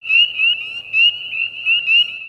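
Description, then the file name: Spring peeper calls: a steady high piercing peep sustained throughout, with pulsed overlapping peeps from several frogs in a chorus. "pcrucifer"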